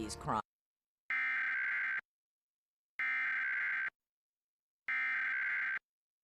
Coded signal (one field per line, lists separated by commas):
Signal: Emergency Alert System (SAME) tones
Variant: header bursts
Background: speech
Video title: PIX11 National Emergency Alert System Test 10/4/2023